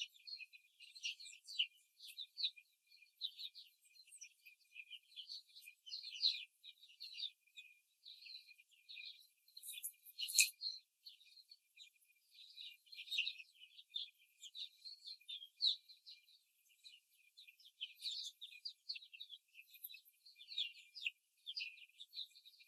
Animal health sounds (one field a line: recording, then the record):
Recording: young laying hens in a cage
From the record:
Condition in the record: before the stressor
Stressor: simulated dog barking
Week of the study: 3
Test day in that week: 2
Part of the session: 4